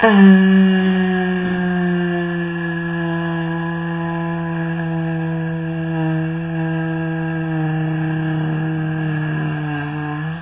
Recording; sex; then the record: sustained vowel /a/; female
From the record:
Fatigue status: no fatigue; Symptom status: symptomatic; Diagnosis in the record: COVID-19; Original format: 3gp